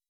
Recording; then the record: hydrophone in a shrimp aquaculture tank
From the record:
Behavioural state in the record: weakened